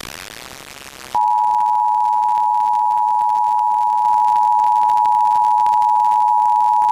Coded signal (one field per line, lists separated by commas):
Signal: Emergency Alert System (SAME) tones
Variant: 853 and 960 Hz attention tone